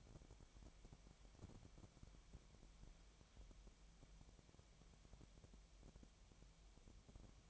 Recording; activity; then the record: daily activity, microphone in the room; wipe stove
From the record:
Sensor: 1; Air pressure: 1007.1 hPa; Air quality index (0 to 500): 204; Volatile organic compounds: 22 ppm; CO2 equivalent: 2751 ppm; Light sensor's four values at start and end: 13/33/13/15 and 13/33/13/15